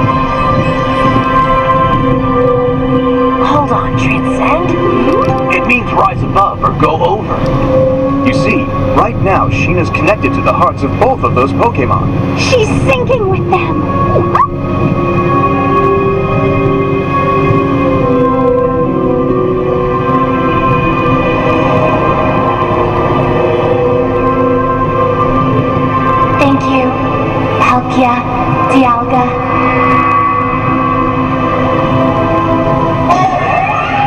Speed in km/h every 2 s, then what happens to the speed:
113, 112, 110, 109, 108, 108, 106, 105, 105, 104, 103, 102, 102, 102, 102, 101, 101.
0-34 slows to 101.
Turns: none.